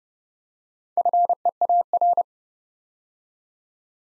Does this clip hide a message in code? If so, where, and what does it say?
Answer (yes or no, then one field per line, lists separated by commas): yes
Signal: Morse code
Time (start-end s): 1.0-2.2 s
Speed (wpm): 28 wpm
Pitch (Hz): 700 Hz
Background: none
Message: FEAR